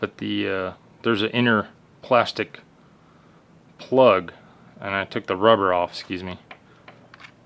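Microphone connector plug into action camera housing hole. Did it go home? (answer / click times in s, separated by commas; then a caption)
yes / 6.9 s, 7.1 s. Someone talks about a microphone connector that was cut down to fit, with its plastic shield and rubber removed, leaving an inner plastic plug. The plug is then pushed into the hole in an action camera housing. It clicks in at about 6.9 s and 7.1 s and is seated.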